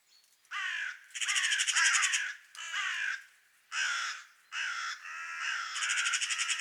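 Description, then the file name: Carrion crow calling in a run of about seven grating caws, some rougher and more rattling than others, following closely one after another. "Corvus corone"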